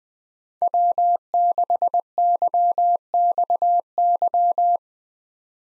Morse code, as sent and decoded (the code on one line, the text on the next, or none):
.-- -.... -.-- -..- -.--
W6YXY